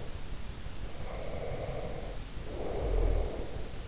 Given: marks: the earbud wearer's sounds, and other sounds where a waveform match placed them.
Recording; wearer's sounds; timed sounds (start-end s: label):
sounds in sleep by an in-ear microphone; breath
0.87-3.84 s: breath